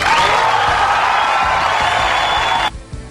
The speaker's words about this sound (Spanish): Este aplauso es para ti.